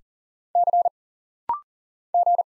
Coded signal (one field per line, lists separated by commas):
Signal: Morse code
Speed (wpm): 40 wpm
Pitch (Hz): 700 Hz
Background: none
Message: C G